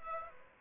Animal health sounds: mosquito wingbeat signal from an infrared sensor; Aedes aegypti

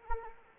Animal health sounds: mosquito wingbeat signal from an infrared sensor; Anopheles arabiensis

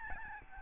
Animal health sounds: mosquito wingbeat signal from an infrared sensor; Aedes albopictus

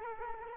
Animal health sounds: mosquito wingbeat signal from an infrared sensor; Culex quinquefasciatus

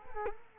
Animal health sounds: mosquito wingbeat signal from an infrared sensor; Culex quinquefasciatus

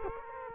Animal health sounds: mosquito wingbeat signal from an infrared sensor; Culex quinquefasciatus

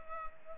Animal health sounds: mosquito wingbeat signal from an infrared sensor; Culex pipiens

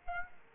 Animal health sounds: mosquito wingbeat signal from an infrared sensor; Aedes aegypti

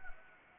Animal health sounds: mosquito wingbeat signal from an infrared sensor; Anopheles arabiensis

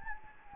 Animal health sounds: mosquito wingbeat signal from an infrared sensor; Anopheles gambiae

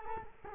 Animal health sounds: mosquito wingbeat signal from an infrared sensor; Culex quinquefasciatus

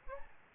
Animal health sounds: mosquito wingbeat signal from an infrared sensor; Aedes albopictus

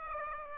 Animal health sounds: mosquito wingbeat signal from an infrared sensor; Aedes aegypti

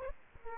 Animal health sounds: mosquito wingbeat signal from an infrared sensor; Aedes aegypti

